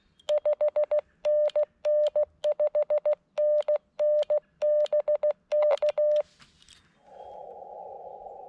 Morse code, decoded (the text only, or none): 5NN 5NN BK